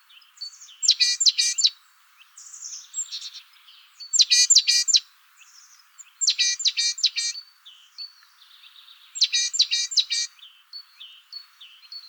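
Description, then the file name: Great tit uttering repeated chattering bursts of four harsh, harmonic notes, about every two to three seconds, with soft thin chirps filling the gaps. "Parus major"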